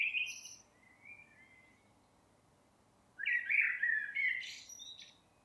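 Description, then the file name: Common blackbird song: the tail of one phrase, then after a pause a full phrase of mellow warbled notes rising into thin, scratchy high twitters. "Turdus merula"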